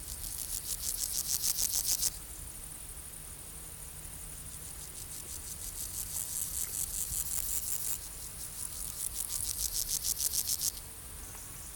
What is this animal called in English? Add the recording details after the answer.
Meadow Grasshopper. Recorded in the wild. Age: imago. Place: Treuchtlingen, Heumöderntal, Bayern, DE. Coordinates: 48.96, 10.91. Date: 1993-09-07. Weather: 20°C, wolkig. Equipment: Marantz CP 430, Sennheiser MKH 416 T, Kopie Uher Variocord 263. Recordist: Tembrock, Günter